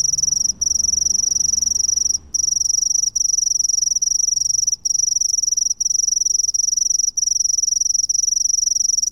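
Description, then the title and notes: Cricket singing a sustained high-pitched trill, interrupted by several short pauses. "Grillo by Kellyn Parra Garcia"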